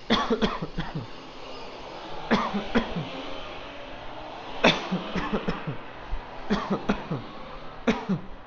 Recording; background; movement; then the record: voluntary coughing; traffic; walking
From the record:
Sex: male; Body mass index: 20.5 kg/m2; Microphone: on the chest, facing outward